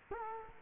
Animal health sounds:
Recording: mosquito wingbeat signal from an infrared sensor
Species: Culex quinquefasciatus

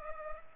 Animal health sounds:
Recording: mosquito wingbeat signal from an infrared sensor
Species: Culex pipiens

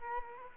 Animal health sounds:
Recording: mosquito wingbeat signal from an infrared sensor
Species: Culex quinquefasciatus

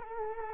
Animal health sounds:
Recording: mosquito wingbeat signal from an infrared sensor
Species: Culex quinquefasciatus

